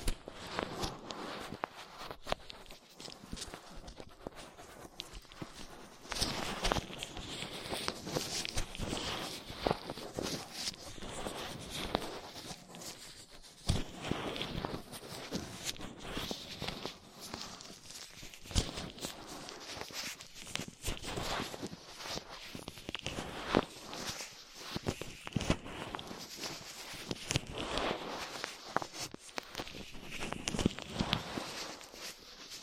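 Ear cleaning with latex gloves, dental pick and cotton swabs: dense, continuous crinkling and scratching with frequent sharp rubbing bursts throughout.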